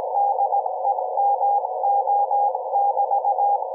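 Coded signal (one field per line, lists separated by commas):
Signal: Morse code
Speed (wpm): 17 wpm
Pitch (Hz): 800 Hz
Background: none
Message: DEMO<BT>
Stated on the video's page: Radiation from a Raspberry Pi 4's unconnected ethernet port at harmonics of 125 MHz, received 12 m away.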